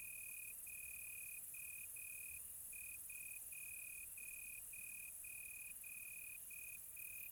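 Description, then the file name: Cricket making longer high trills separated by short gaps, a steady even rhythm over a quiet hiss of insects. Quiet tropical night. "quiet tropical night with cricket"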